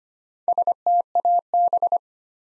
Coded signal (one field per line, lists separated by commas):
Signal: Morse code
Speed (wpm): 25 wpm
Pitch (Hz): 700 Hz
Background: none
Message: STAB